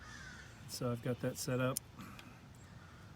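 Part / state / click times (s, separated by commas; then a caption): torque wrench on spark plug in cylinder head / torque reached / 2.2 s. An inch-pound torque wrench set to 156 in-lb tightens a spark plug in the cylinder head of a 2006 Honda Accord 4-cylinder engine being rebuilt. Someone talks, and then the wrench gives a short, sharp click at 2.2 s, showing it has reached the set torque.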